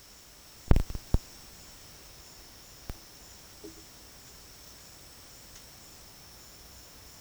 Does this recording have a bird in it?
no